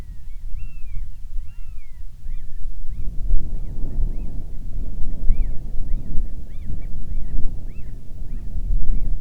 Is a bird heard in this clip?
yes